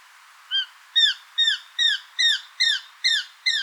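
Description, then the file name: Eurasian jay delivering a fast, regular run of loud, harmonic, falling notes, a little more than two per second, eight notes in total. "Garrulus glandarius"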